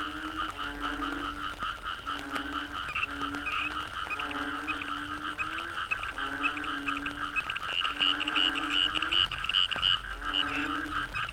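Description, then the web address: Frogs croaking in a dense chorus: drawn-out low moaning notes repeat about every second, over steady higher trilling and pulsed chirps from other frogs. Frogs in the Cherating wetlands, Malaysia. "yamaha frogs cherating wetlands. malaysia"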